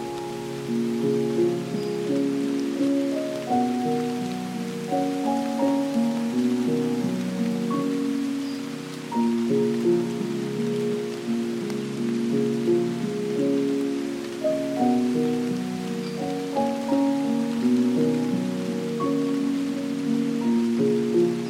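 A gentle piano melody plays at an unhurried pace, its mid-range notes ringing and fading into one another in a steady flowing pattern. Beneath it, soft rain keeps up a constant hiss, holding an even level throughout.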